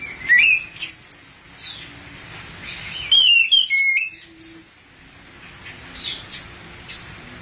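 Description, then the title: Thrush song in short bursts of varied high whistles and sharp notes, separated by quiet pauses, over a low steady background hum. "burung anis x"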